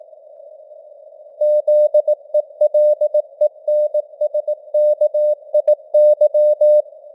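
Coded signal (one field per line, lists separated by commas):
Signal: Morse code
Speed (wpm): 18 wpm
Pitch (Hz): 600 Hz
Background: none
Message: ZELENSKIY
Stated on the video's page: News headlines sent in Morse with simulated radio noise and varying signal strength (QSB), an experiment.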